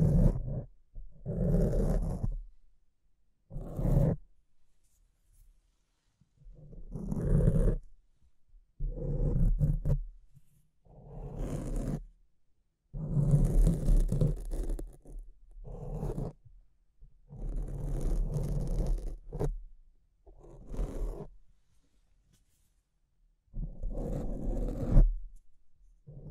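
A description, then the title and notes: Mic scratching in rough bursts, each lasting about one to two seconds, separated by short silences and repeating irregularly across the clip. The scrapes are gritty and rumbling with a low thump underneath, and some bursts reach up into a brighter hiss. ASMR Brain Melting Mic Scratching (No Talking).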